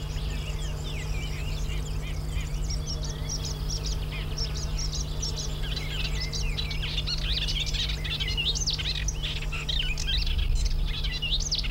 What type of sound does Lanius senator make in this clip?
song